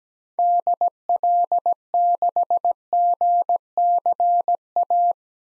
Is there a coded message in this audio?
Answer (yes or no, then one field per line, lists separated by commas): yes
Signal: Morse code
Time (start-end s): 0.4-5.1 s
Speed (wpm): 17 wpm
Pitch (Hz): 700 Hz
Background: none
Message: DL6GCA